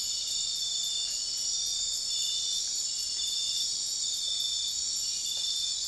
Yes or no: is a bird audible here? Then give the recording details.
no. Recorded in dense forest near Puerto Asís, Putumayo, Colombia, on 4 March 2025 at 03:00. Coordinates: 0.500, -76.322. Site GP06